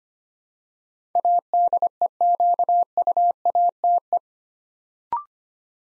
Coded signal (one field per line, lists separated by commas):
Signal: Morse code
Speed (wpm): 25 wpm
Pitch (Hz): 700 Hz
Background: none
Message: ADEQUATE